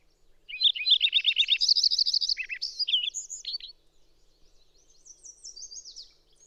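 Songbird song: a loud, fast run of varied high chirps and short trills for about three seconds, followed by softer, thin, high notes.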